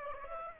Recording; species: mosquito wingbeat signal from an infrared sensor; Aedes aegypti